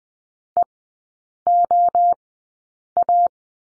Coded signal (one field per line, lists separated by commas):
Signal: Morse code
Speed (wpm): 20 wpm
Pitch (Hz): 700 Hz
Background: none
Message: EOA